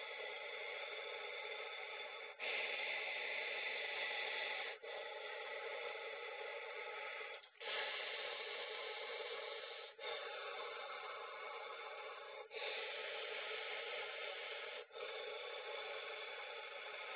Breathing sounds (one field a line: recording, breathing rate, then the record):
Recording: paced breathing near a phone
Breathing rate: 12 breaths a minute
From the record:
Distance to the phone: 20 cm